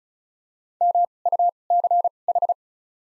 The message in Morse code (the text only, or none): MUCH